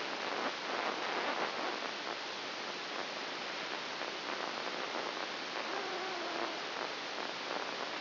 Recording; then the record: brain microelectrode recording played as sound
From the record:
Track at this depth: inside the subthalamic nucleus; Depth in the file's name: 3.002 mm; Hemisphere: right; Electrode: 2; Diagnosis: Parkinson's disease